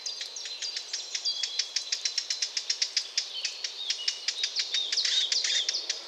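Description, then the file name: Eurasian blackcap with sharp ticking calls in a rapid, fairly regular series, mixed with short whistled notes and a brief noisy flurry near the end. "Sylvia atricapilla"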